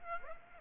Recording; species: mosquito wingbeat signal from an infrared sensor; Aedes aegypti